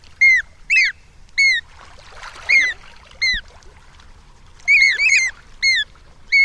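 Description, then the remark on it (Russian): An Australian magpie in Sydney gives a run of short, bright fluting notes, each bending in pitch, repeated in an uneven rhythm with brief pauses and a soft hiss of background noise. “И вот эта вот австралийская сорока, у нее странный флейтовый голос.”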